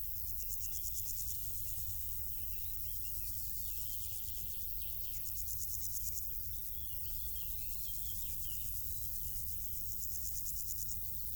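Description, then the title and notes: Insect stridulation, sharp high pulses grouped into bursts, over a continuous low rumble. Insects stridulating in grass on île Gabriel, Brangues, France; sunny summer afternoon, June 2021; two small Lom Usi Pro capsules in stereo AB placed in the grass, SD MixPre 6. "île Gabriel - Brangues, France - Bourdons et crissements estivaux. Une après-midi ensoleillée sur l'île Gabriel. en juin 2021. je dépose deux petites capsules dans l'herbe afin de capter les stridulations des insectes à cette saison"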